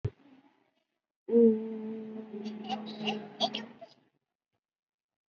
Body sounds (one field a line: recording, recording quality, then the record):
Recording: sustained vowel as in boot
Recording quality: moderate, slight background noise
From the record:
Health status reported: COVID-19 positive, mild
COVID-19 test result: positive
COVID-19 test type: RT-PCR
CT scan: not taken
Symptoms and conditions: cough, cold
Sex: female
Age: 32 years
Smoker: no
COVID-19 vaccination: none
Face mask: worn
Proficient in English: yes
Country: India